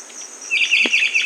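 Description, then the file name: Rondonia bushbird giving a fast, rattling series of sharp chattered notes over a steady shrill insect hum. "Rondônia-bushbird"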